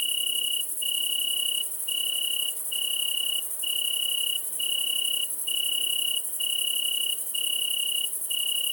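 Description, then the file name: Italian tree cricket chirps as musical trills of roughly three-quarters of a second, separated by brief pauses, layered over a constant sizzling bush-cricket drone. Recorded together with great green bush-cricket at Le Puech, Cantal; dated 060921. "grillon-d Italie-et-grande-sauterelle-verte-Le-Puech-Cantal"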